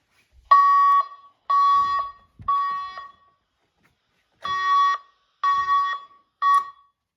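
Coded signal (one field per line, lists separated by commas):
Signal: alarm pattern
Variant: EST air horn tone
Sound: harsh horn blasts in two groups of three, each about half a second long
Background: quiet room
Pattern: temporal three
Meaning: Fire alarm evacuation signal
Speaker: What you just heard was the EST air horn tone. So this is another variation of the code 3 tone.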